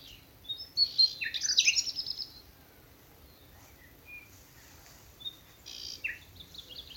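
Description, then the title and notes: Common nightingale song: a short burst of sharp whistled notes and chatter, followed by quieter scattered phrases. Several nightingales singing in thickets of a Dorset wood in the evening as dew falls, Alners Gorse nature reserve run by Butterfly Conservation, Dorset, England. "Sound Escape 11: the glorious song of nightingales from a Dorset wood. BBC Countryfile Magazine. it's evening at Alners Gorse, a nature reserve in Dorset run by Butterfly Conservation . As the dew falls, the extraordinary song of nightingales rises from the thickets. Recorded by Martin Maudsley"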